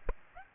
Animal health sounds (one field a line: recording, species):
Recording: mosquito wingbeat signal from an infrared sensor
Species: Aedes aegypti